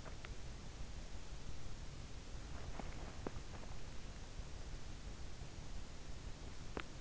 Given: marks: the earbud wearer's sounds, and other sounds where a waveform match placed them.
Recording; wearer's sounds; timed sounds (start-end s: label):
sounds in sleep by an in-ear microphone; teeth grinding
0.00-0.40 s: teeth grinding
2.63-3.66 s: teeth grinding
6.54-6.95 s: teeth grinding